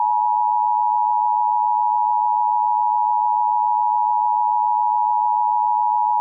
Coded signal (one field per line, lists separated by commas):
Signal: Emergency Alert System (SAME) tones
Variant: 853 and 960 Hz attention tone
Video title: EAS Mock: 1: Food Contamination Warning for: Ida, Sac and Calhoun Iowa.